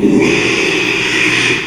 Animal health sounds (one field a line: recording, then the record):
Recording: squeal of a Yucatan mini pig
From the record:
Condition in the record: after surgery on the right vocal fold (resection and tissue-engineered implant)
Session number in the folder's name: 1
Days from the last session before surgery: 6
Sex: male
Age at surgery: 12 weeks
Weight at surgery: 13 kg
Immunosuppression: cyclosporine, prednisolone